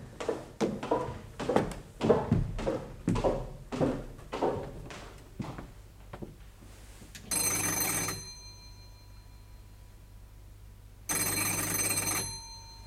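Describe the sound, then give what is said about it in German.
A doorbell at a door with a nameplate rings twice in long, buzzing electric bursts with a pause between them, after a quick run of thumping footsteps. No one speaks and no one opens the door. “Auf das Klingeln an der Tür mit dem Namensschild Rotholz öffnet niemand.”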